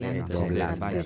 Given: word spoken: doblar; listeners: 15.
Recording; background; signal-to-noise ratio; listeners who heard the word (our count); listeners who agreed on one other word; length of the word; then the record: one Spanish word in noise, from a listening test; four-talker babble; 0.0 dB; 2 of 15; 9 of 15; 0.66 s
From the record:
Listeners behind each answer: 9, 2, 1, 1, 1, 1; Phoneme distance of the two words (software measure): 48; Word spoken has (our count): 2 syllables, 6 phonemes, stress on syllable 2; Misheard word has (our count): 2 syllables, 4 phonemes, stress on syllable 1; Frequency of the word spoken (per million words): 4.81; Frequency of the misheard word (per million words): 73.67